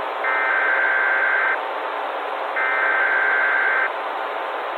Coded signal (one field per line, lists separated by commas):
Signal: Emergency Alert System (SAME) tones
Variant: header bursts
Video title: EAS Scenario/Analog & Digital Horror - Crash FM Catastrophe